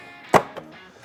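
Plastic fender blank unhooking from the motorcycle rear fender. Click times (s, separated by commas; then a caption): 0.4 s. A plastic fender blank is pushed back from under the rear fender of a 2023 Triumph Rocket 3 GT until its hooked tabs pop free of their slots so the blank can be removed. A sharp pop sounds at 0.4 s, followed by a fainter knock at 0.6 s, and the blank is released.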